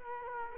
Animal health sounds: mosquito wingbeat signal from an infrared sensor; Culex quinquefasciatus

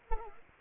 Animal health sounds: mosquito wingbeat signal from an infrared sensor; Culex quinquefasciatus

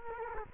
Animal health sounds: mosquito wingbeat signal from an infrared sensor; Culex quinquefasciatus

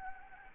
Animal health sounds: mosquito wingbeat signal from an infrared sensor; Anopheles gambiae

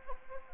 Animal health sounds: mosquito wingbeat signal from an infrared sensor; Anopheles gambiae

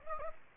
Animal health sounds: mosquito wingbeat signal from an infrared sensor; Anopheles gambiae

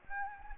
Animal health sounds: mosquito wingbeat signal from an infrared sensor; Anopheles gambiae

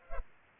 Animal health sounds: mosquito wingbeat signal from an infrared sensor; Culex pipiens

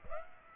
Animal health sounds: mosquito wingbeat signal from an infrared sensor; Aedes aegypti

